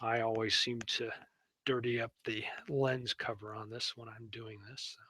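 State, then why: Not seated. A full steel mounting plate is handled and slid toward place on a 3D depth scanning sensor while someone talks. The plate has not yet locked or seated by the end of the clip.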